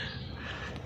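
A plastic wiring harness connector is handled as it is pushed toward the VVT solenoid terminal on a Vauxhall Zafira B 1.6 or 1.8 engine, with a steady low hum of background noise and a brief faint handling sound at about 0.8 s. Nothing has seated or clicked yet.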